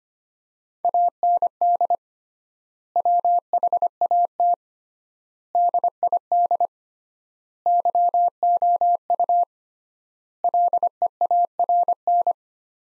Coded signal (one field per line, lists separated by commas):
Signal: Morse code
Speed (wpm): 25 wpm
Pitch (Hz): 700 Hz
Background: none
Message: AND WHAT DID YOU LEARN